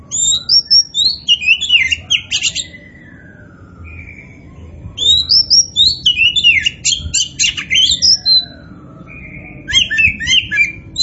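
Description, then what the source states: Oriental magpie-robin delivering lively, varied song phrases of slurred whistles and scratchy chatter, with quieter gaps between the bursts. Kacer Poci variety, described as gacor, singing actively and vigorously.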